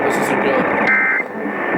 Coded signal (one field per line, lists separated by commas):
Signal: Emergency Alert System (SAME) tones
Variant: end-of-message bursts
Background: speech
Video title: WHAS COVERS THE TORs... EAS Alerts from 3/18/22 (EAS #6,585 - 6,589)